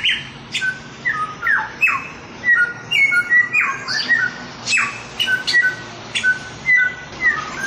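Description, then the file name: Chinese grosbeak delivering a steady series of bright whistled notes and quick downslurs. Samyong (Chinese grosbeak) masteran, a song-training recording. "masteran samyong omkicau"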